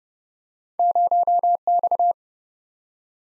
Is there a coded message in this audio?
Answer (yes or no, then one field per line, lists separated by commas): yes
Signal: Morse code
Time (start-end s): 0.8-2.1 s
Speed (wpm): 29 wpm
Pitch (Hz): 700 Hz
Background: none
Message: 0X